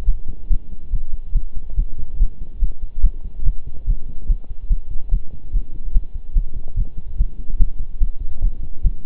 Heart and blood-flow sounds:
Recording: heart sounds by stethoscope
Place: between the tricuspid and mitral areas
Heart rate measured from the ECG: 144 bpm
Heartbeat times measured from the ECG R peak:
0.07 s: heartbeat
0.50 s: heartbeat
0.93 s: heartbeat
1.35 s: heartbeat
1.77 s: heartbeat
2.20 s: heartbeat
2.62 s: heartbeat
3.03 s: heartbeat
3.45 s: heartbeat
3.87 s: heartbeat
4.29 s: heartbeat
4.70 s: heartbeat
5.12 s: heartbeat
5.53 s: heartbeat
5.95 s: heartbeat
6.35 s: heartbeat
6.77 s: heartbeat
7.18 s: heartbeat
7.60 s: heartbeat
8.01 s: heartbeat
8.42 s: heartbeat
8.84 s: heartbeat
From the record:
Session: pedaling a stationary bicycle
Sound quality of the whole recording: partially saturated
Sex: male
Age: 23 years

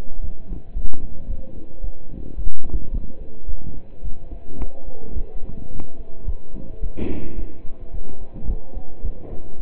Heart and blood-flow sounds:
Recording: heart sounds by stethoscope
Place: between the tricuspid and mitral areas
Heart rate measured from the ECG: 109 bpm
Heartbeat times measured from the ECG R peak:
0.23 s: heartbeat
0.76 s: heartbeat
1.29 s: heartbeat
1.83 s: heartbeat
2.38 s: heartbeat
2.93 s: heartbeat
3.48 s: heartbeat
4.04 s: heartbeat
4.60 s: heartbeat
5.16 s: heartbeat
5.72 s: heartbeat
6.27 s: heartbeat
6.83 s: heartbeat
7.38 s: heartbeat
7.93 s: heartbeat
8.49 s: heartbeat
9.04 s: heartbeat
9.59 s: heartbeat
From the record:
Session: pedaling a stationary bicycle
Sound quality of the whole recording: partially saturated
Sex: male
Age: 27 years

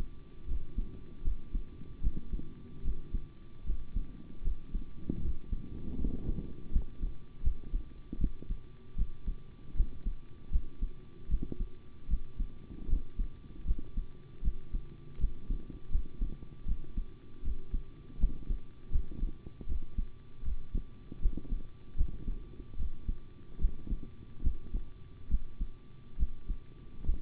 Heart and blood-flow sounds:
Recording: heart sounds by stethoscope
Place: between the tricuspid and mitral areas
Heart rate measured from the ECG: 77 bpm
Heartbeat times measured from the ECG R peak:
0.46 s: heartbeat
1.22 s: heartbeat
2.01 s: heartbeat
2.82 s: heartbeat
3.64 s: heartbeat
4.42 s: heartbeat
5.20 s: heartbeat
5.97 s: heartbeat
6.71 s: heartbeat
7.42 s: heartbeat
8.18 s: heartbeat
8.96 s: heartbeat
9.75 s: heartbeat
10.50 s: heartbeat
11.28 s: heartbeat
12.08 s: heartbeat
12.88 s: heartbeat
13.65 s: heartbeat
14.42 s: heartbeat
15.18 s: heartbeat
15.90 s: heartbeat
16.66 s: heartbeat
17.42 s: heartbeat
18.18 s: heartbeat
18.90 s: heartbeat
19.67 s: heartbeat
20.43 s: heartbeat
21.20 s: heartbeat
21.96 s: heartbeat
22.77 s: heartbeat
23.59 s: heartbeat
24.42 s: heartbeat
25.29 s: heartbeat
26.17 s: heartbeat
27.04 s: heartbeat
From the record:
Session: rest, sitting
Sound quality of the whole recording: good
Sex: male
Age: 25 years

